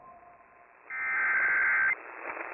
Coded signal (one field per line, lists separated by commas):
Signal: Emergency Alert System (SAME) tones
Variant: header bursts